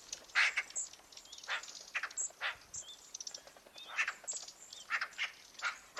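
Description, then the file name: Eurasian magpie uttering scattered rasping notes at an uneven pace, with faint high ticks from other birds. "Pica pica"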